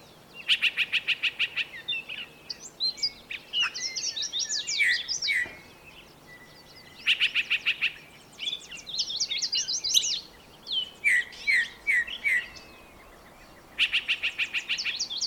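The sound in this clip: Bird song of buzzy, rattling bursts alternating with twittering phrases, the harsh bursts returning at regular intervals.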